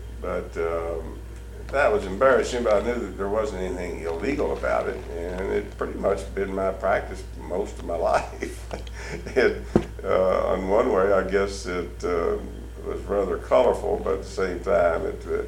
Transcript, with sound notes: but…that was embarrassing but I knew that there wasn’t anything illegal about it, and it pretty much had been my practice for most of my life [Chuckling] and…on one way, I guess it, it was rather colorful, but at the same time it,